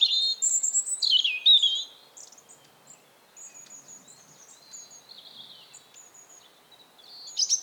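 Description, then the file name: European robin song: one loud, high, tumbling phrase of thin whistles and trills at the start, followed by softer, fainter high notes and a louder note right at the end. "Erithacus rubecula 240917"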